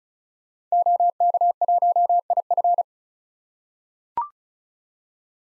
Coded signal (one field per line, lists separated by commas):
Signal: Morse code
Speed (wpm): 36 wpm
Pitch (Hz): 700 Hz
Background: none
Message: OK1IF